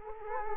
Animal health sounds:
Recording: mosquito wingbeat signal from an infrared sensor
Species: Culex quinquefasciatus

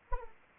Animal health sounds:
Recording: mosquito wingbeat signal from an infrared sensor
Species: Anopheles arabiensis

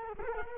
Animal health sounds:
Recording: mosquito wingbeat signal from an infrared sensor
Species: Culex quinquefasciatus

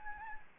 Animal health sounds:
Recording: mosquito wingbeat signal from an infrared sensor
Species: Anopheles gambiae

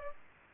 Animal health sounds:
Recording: mosquito wingbeat signal from an infrared sensor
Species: Aedes aegypti

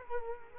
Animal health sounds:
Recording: mosquito wingbeat signal from an infrared sensor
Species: Culex quinquefasciatus

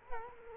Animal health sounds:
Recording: mosquito wingbeat signal from an infrared sensor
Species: Culex quinquefasciatus

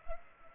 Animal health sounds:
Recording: mosquito wingbeat signal from an infrared sensor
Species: Culex pipiens

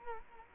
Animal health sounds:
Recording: mosquito wingbeat signal from an infrared sensor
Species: Culex quinquefasciatus

